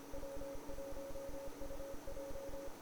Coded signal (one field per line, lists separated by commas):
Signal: Morse code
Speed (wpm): 25 wpm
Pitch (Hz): 560 Hz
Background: none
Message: W1UJ